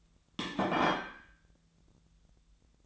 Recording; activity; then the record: daily activity, microphone in the room; place plate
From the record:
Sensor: 3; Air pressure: 1009.4 hPa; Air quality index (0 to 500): 198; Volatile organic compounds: 17 ppm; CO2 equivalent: 2567 ppm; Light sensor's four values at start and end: 34/85/36/39 and 35/87/37/40